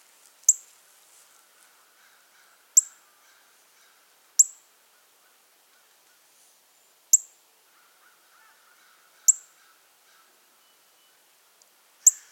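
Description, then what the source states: Northern cardinal giving six crisp, high metallic chip notes, roughly one every two seconds, each dropping quickly in pitch, with quiet stretches and faint background sound. Nominate subspecies Cardinalis cardinalis cardinalis.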